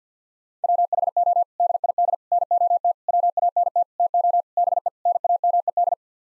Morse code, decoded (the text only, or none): WHO DID NOT WANT TO BE NAMED